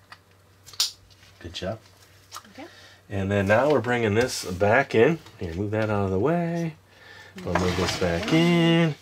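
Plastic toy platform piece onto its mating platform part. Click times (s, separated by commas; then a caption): 0.8 s. A plastic platform piece from a Playmobil Explorers Hidden Temple with T-Rex Dinosaur building set is pushed over its mating platform part and clicks into place at 0.8 s. Someone then talks while moving the pieces around, and the platform piece is confirmed seated.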